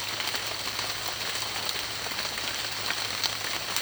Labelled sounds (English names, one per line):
none